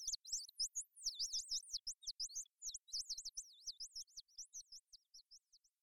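Bird song: fast, high, wavering whistles run together in a tumbling warble that thins into separate chirps toward the end. Faint low thuds sound underneath.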